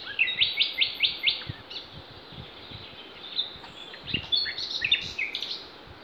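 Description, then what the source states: Songbirds singing: a quick series of bright, high repeated notes, then scattered chirps and short phrases later on. Songbirds singing in Demerje forest (demerska šuma), recorded 28 April 2020.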